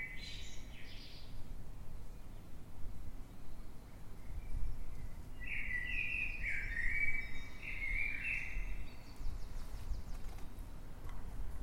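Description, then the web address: Eurasian blackbird giving a brief higher twitter, then a short, fluty warbled phrase, over steady low background rumble. Singing at night in London, UK, 9 March 2026, at 3:50 am. "Blackbird Dead Of Night. in the dead of night, London, UK, on 9th March 2026 at 3:50 am by eleanor mcdowall"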